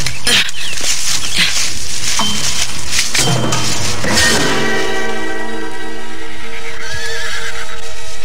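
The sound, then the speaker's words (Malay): Dozens of horses neigh and whinny loudly, their high wavering calls overlapping, while a steady clatter of hooves clip-clops underneath throughout, with no voices present. “Di hadapanku ada puluhan ekor kuda.”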